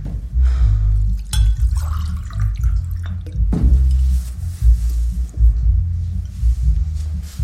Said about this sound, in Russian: наливает себе что-то в стакан из бутылки.